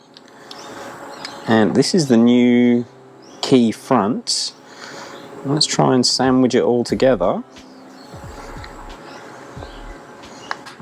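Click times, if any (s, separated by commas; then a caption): 10.5 s. Someone talks while a new plastic front shell for a BMW E Series E9x car key is pressed onto the key internals and back, sandwiching the halves together. The shell halves snap together with a sharp click at 10.5 s, and the key body is seated.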